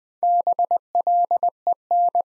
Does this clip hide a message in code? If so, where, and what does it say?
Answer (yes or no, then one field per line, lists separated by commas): yes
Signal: Morse code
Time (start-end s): 0.2-2.2 s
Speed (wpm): 20 wpm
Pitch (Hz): 700 Hz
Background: none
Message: BLEN